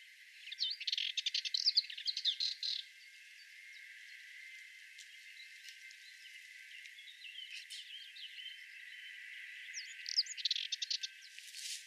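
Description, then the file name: Sardinian warbler song: two quick scratchy chattering bursts, one early and one near the end, with faint soft notes and steady background hiss between them. "Fauvette melanocephale"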